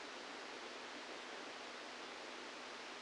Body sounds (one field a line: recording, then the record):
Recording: brain microelectrode recording played as sound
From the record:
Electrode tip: inside the subthalamic nucleus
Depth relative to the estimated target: -2 mm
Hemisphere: left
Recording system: NeuroSet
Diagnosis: Parkinson's disease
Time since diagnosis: 17 years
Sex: male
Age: 64 years